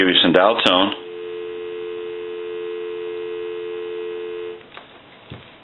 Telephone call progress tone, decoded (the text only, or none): dial tone